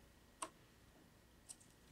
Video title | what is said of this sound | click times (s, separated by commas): iMac (20-Inch, Early 2009) SSD Upgrade | you just push it down until it clicks | 0.4 s